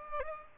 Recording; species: mosquito wingbeat signal from an infrared sensor; Aedes aegypti